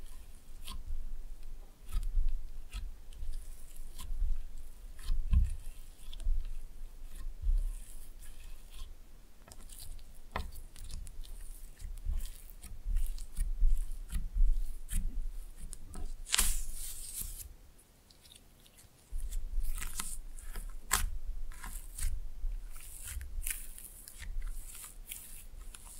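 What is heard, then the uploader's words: Slime being squeezed and handled produces a steady run of soft, wet clicks, squelches and crackling pops, with frequent low thumps throughout. Around sixteen seconds comes a brief bright crackling burst, then near nineteen seconds a short near-silent pause before the squishing resumes. ASMR Fun with Slime No Talking.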